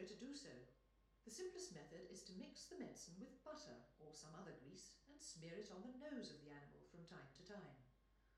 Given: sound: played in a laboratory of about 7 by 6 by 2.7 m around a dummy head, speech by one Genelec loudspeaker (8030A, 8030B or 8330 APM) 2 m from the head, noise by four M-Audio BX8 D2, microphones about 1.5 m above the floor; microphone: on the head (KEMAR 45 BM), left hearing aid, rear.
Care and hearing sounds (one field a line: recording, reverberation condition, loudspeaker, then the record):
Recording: female speech in English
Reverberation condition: medium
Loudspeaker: in front (0 degrees)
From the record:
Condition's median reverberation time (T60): about 510 ms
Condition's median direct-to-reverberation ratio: about -0.5 dB